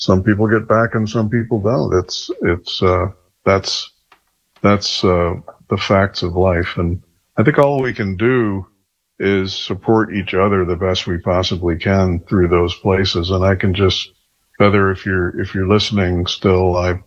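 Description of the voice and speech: A low-pitched adult man speaks in a calm, warm, conversational tone in a quiet room, with short natural pauses and a few ordinary restarts of words. His voice is clear and steady with no roughness or strain: ordinary fluent adult speech.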